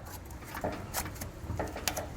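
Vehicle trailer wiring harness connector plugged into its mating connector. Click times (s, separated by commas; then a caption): 1.9 s. The two halves of a plastic trailer-wiring harness connector on a 2021 Ford F-150, part of a Curt trailer connector adapter installation, are plugged back together and locked with a small locking lever. After soft handling taps and rustles, a sharp click sounds at 1.9 s as the lever locks the connector halves together, and the connector is seated.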